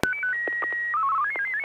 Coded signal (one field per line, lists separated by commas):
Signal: SSTV (slow-scan television)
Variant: Martin 1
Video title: N6NA SSTV Net - 10/14/2020